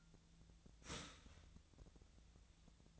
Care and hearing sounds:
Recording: daily activity, microphone in the room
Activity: start toaster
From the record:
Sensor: 3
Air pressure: 1009.3 hPa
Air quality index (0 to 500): 197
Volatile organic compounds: 16 ppm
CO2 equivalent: 2552 ppm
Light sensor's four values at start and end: 30/75/31/33 and 29/73/31/33

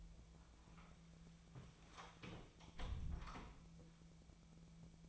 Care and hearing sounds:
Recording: daily activity, microphone in the room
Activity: close door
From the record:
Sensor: 1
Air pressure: 1000.5 hPa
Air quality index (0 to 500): 183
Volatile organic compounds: 4 ppm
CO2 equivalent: 1686 ppm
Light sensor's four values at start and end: 14/34/14/16 and 14/33/14/16

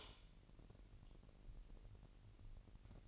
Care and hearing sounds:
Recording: daily activity, microphone in the room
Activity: light on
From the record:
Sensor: 4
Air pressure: 1002.7 hPa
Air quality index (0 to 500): 249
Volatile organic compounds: 17 ppm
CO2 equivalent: 2595 ppm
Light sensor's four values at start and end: 6/13/5/5 and 6/15/6/6

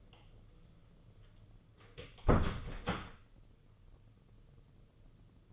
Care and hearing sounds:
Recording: daily activity, microphone in the room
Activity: close door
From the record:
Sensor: 4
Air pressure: 995.2 hPa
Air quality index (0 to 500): 185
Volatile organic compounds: 98 ppm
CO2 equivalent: 3740 ppm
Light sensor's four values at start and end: 17/44/17/21 and 7/17/7/8

